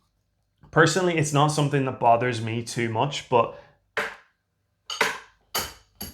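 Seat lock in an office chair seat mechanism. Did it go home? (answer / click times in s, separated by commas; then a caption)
yes / 4.0 s, 5.6 s. The seat lock in the seat mechanism of a Colamy Atlas office chair is moved to a new position after someone talks, and it locks into place with sharp clicks at 4.0 s and 5.6 s. Other short clicks follow at 5.0 s and 6.0 s. The lock is a little noisy rather than silent and clicks every time it is changed.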